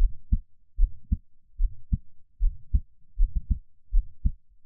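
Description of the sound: Soft, deep thumps come in lub-dub pairs at about 76 beats a minute with a steady rhythm. An adult's own heartbeat heard close up as a quiet ASMR track, with no talking and a hushed background.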